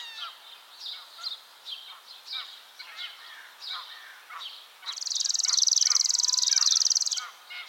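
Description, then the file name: Chipping sparrow trill, a rapid, even run of dry notes lasting about two seconds, following a stretch of varied chirping. "Spizella passerina - Chipping Sparrow"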